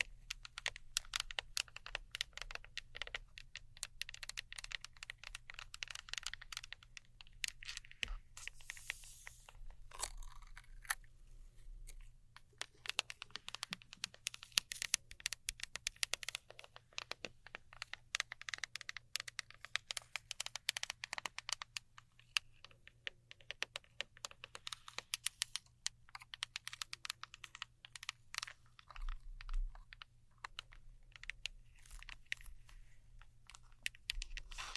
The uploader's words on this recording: ASMR Neon Triggers（no Talking）. Glow Sticks, Slime, Sticky Tape, Scissors.